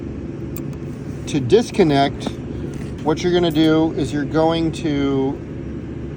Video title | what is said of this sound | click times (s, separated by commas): How to Connect and Disconnect RJ-45 Connector | It just pressure fits and you hear the snap when the retention barb locks. | 0.6 s